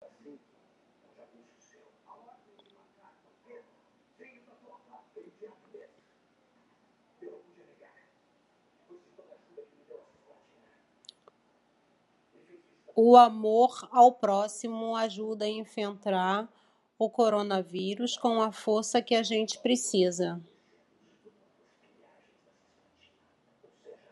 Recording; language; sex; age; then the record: spoken sentence; Brazilian Portuguese; female; 50 to 59 years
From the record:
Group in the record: control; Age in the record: 51 years